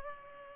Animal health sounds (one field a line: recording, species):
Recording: mosquito wingbeat signal from an infrared sensor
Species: Culex pipiens